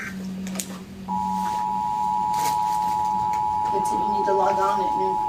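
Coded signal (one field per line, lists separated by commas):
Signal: Emergency Alert System (SAME) tones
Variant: 853 and 960 Hz attention tone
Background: speech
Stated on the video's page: Required Monthly Test received on several radio stations and Spectrum Cable.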